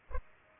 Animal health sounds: mosquito wingbeat signal from an infrared sensor; Culex pipiens

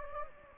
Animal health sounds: mosquito wingbeat signal from an infrared sensor; Anopheles gambiae

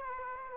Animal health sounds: mosquito wingbeat signal from an infrared sensor; Aedes aegypti

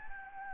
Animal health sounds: mosquito wingbeat signal from an infrared sensor; Anopheles gambiae

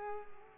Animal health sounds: mosquito wingbeat signal from an infrared sensor; Culex pipiens

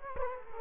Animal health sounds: mosquito wingbeat signal from an infrared sensor; Culex quinquefasciatus

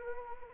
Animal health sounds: mosquito wingbeat signal from an infrared sensor; Anopheles arabiensis

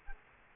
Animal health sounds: mosquito wingbeat signal from an infrared sensor; Culex quinquefasciatus

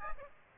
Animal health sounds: mosquito wingbeat signal from an infrared sensor; Aedes aegypti

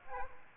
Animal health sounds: mosquito wingbeat signal from an infrared sensor; Aedes aegypti

